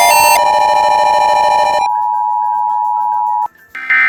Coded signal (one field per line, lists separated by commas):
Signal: Emergency Alert System (SAME) tones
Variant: 853 and 960 Hz attention tone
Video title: EAS Unknown Statement Emergency